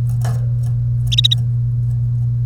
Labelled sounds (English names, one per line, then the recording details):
Domestic Canary song
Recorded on 1 May 2018 at 10:08
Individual llb3